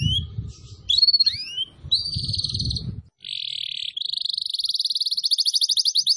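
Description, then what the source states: Atlantic canary song: a few whistled notes, then a dense buzzy trill followed by a long, fast, even rolling trill; low background rumble stops midway. Canary, called kenari, recording used as a lure for bird-trapping (pikat).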